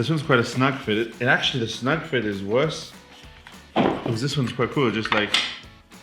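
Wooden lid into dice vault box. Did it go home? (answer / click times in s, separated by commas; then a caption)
no / none. Someone talks over background music while fitting the wooden lid of a small handmade dice vault onto its base, with one faint knock of handling at about 3.5 s. The lid has not seated or clicked into place yet.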